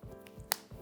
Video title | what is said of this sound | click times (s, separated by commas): Culinary Outfitters Episode 3 - "Hide Those Goodies" - An Array Of Colorful Aprons | two snaps here so this is going to click right in | 0.5 s